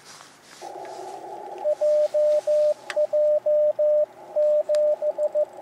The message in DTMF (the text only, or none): none